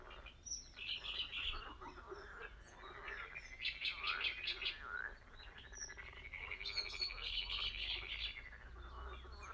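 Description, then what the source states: Frogs croak in a dense, rattling chorus of rapid pulses, with scattered high chirps. Spring sounds at a very old pond.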